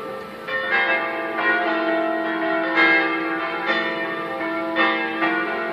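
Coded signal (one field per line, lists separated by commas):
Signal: bell signal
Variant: five-bell swinging peal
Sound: several large church bells swinging and ringing continuously, overlapping rich tones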